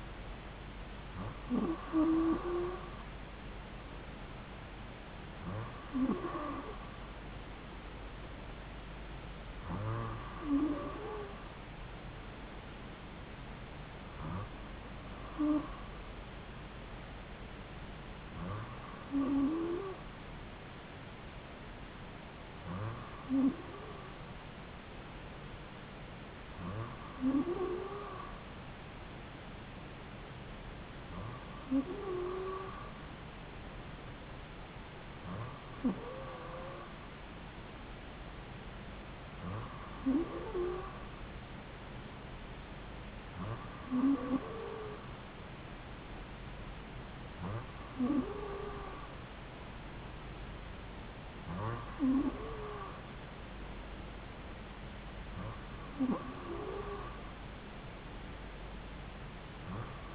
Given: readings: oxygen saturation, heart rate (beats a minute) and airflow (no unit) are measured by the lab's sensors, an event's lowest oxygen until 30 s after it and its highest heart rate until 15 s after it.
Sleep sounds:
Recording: breathing in sleep by a voice recorder at the bedside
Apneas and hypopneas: none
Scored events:
none scored
From the record:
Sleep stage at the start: N2 (light sleep)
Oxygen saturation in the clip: 94%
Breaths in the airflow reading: 14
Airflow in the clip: -2.5 to 2.4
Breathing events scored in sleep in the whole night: 270 in 6.1 hours asleep

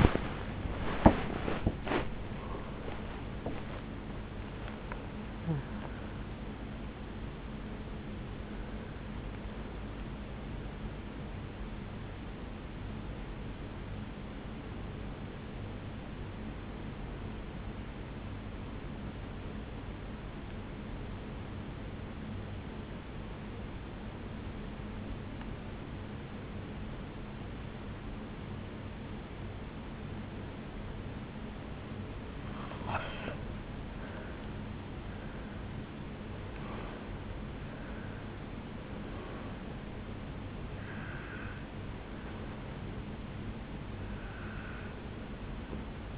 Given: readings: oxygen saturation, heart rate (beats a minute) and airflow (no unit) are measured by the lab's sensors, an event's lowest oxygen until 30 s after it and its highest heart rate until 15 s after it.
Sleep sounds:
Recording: breathing in sleep by a voice recorder at the bedside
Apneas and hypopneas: 1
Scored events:
17.00-34.80 s: obstructive apnea (N1, oxygen 97% highest, then 89% lowest, heart rate 65 at the start, 75 highest)
From the record:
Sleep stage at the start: N1 (lightest sleep)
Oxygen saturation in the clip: 89 to 97%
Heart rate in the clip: 64 to 77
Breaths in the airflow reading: 8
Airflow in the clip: -10.4 to 9.5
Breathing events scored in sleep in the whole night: 449 in 7.0 hours asleep

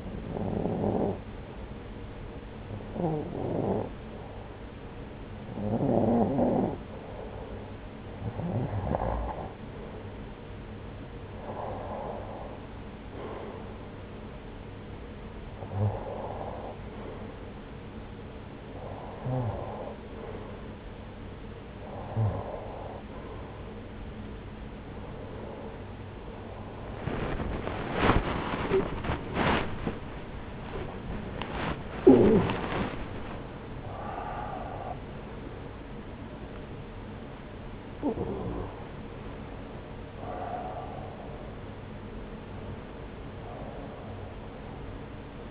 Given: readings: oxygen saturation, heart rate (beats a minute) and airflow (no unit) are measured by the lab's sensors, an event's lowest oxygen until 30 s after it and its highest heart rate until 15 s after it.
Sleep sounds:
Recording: breathing in sleep by a voice recorder at the bedside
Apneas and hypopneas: none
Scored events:
40.00-45.51 s: new sleep stage, N1 (lightest sleep)
From the record:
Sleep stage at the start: REM sleep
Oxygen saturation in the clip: 89 to 95%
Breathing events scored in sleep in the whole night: 303 in 8.1 hours asleep

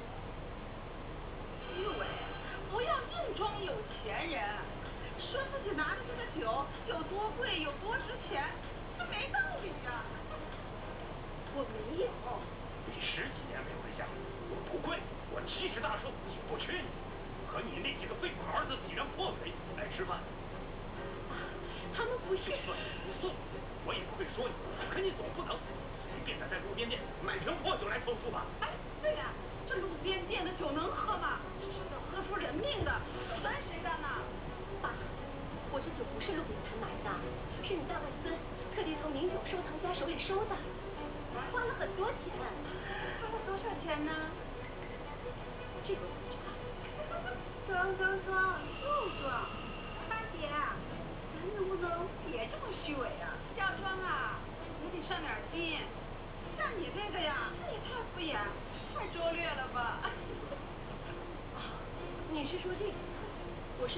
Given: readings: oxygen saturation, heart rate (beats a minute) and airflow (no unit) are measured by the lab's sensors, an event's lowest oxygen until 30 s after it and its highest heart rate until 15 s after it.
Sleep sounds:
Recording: a person awake in a sleep study, by a voice recorder at the bedside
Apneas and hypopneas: none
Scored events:
0.00-63.98 s: awake
From the record:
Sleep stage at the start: awake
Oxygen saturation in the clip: 93 to 94%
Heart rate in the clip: 58 to 69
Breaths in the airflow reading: 20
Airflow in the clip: -5.6 to 6.1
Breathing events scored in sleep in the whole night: 476 in 9.7 hours asleep

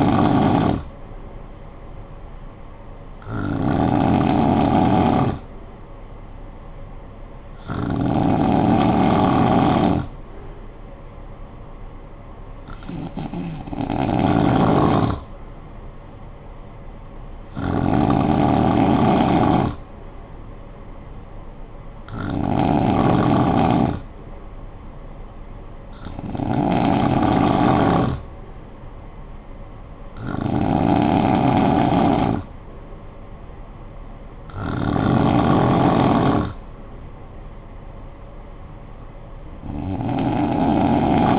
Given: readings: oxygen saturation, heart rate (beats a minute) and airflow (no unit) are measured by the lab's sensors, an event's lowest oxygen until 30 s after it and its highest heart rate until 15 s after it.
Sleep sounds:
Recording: breathing in sleep by a smartphone at the bedside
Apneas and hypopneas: none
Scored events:
none scored
From the record:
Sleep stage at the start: N2 (light sleep)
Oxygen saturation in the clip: 93 to 94%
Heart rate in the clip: 53 to 60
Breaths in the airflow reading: 9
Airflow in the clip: -8.8 to 5.3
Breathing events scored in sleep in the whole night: 445 in 7.6 hours asleep

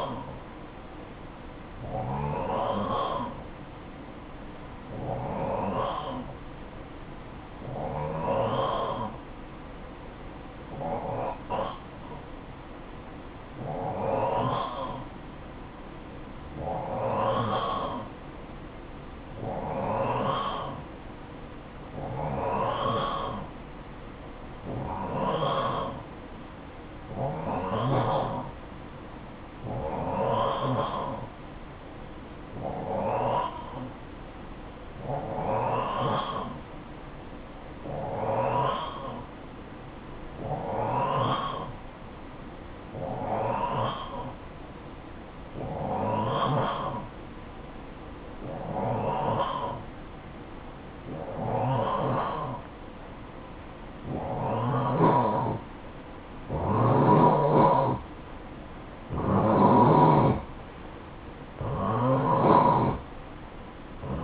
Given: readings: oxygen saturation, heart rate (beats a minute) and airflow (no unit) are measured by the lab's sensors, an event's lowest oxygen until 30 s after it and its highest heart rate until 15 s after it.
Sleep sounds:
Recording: breathing in sleep by a voice recorder at the bedside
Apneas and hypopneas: 1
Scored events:
3.00-54.20 s: hypopnea (N1, oxygen 92% highest, then 88% lowest, heart rate 55 at the start, 60 highest)
From the record:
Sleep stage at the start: N1 (lightest sleep)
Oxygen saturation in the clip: 88 to 92%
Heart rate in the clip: 53 to 60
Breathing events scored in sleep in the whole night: 573 in 9.8 hours asleep

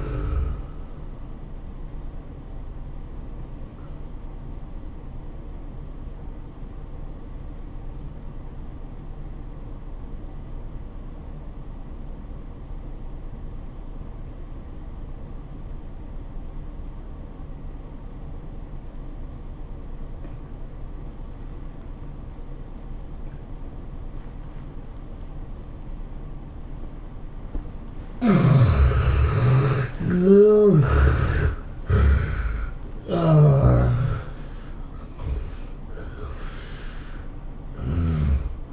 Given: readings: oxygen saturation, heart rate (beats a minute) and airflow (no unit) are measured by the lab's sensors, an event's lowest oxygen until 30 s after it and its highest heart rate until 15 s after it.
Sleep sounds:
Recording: breathing in sleep by a smartphone at the bedside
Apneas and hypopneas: 1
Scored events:
3.00-28.30 s: obstructive apnea (N1, oxygen 96% highest, then 69% lowest, heart rate 99 at the start, 108 highest)
4.00-34.00 s: new sleep stage, N2 (light sleep)
34.00-38.73 s: new sleep stage, N1 (lightest sleep)
From the record:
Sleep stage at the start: N1 (lightest sleep)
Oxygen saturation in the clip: 72 to 96%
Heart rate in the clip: 80 to 107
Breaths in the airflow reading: 5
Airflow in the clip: -13.4 to 14.5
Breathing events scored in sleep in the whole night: 403 in 5.5 hours asleep

